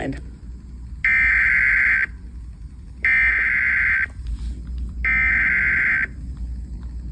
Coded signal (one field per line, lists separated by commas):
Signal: Emergency Alert System (SAME) tones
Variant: header bursts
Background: speech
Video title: EAS #246: WSVH-FM River Flood Warning (6/2/2026) #emergency #weather #eas